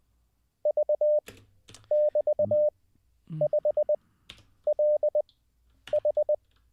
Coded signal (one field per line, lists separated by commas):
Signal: Morse code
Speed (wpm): 20 wpm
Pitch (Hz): 600 Hz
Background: none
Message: V<BT>5LH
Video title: How To Learn Morse Code LIVE with N0SSC (Day 15)